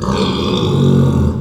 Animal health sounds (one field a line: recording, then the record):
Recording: squeal of a Yucatan mini pig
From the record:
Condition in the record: after surgery on the right vocal fold (resection and tissue-engineered implant)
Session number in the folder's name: 17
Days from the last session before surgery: 195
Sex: female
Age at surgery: 19 weeks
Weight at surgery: 25 kg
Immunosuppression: prednisolone